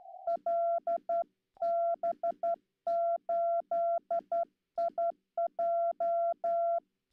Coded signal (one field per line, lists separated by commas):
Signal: Morse code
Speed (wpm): 12 wpm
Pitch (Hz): 680 Hz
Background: none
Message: LB8IJ